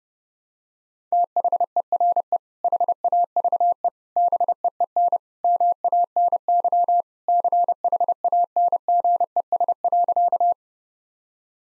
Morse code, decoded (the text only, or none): THERE HAVE BEEN MANY CHANGES.